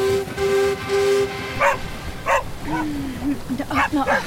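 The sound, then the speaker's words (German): A dog lets out several short, sharp barks at irregular intervals, some loud, after a steady droning tone that sounds for the first second or so. “Hund. Eine Art zusätzliche oder untergeordnete Gottheit.”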